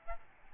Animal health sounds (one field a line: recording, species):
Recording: mosquito wingbeat signal from an infrared sensor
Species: Aedes albopictus